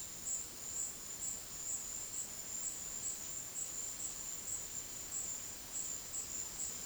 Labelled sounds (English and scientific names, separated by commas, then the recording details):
none
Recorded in dense forest near Puerto Asís, Putumayo, Colombia, on 20 February 2024 at 12:00
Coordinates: 0.485, -76.325
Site G6429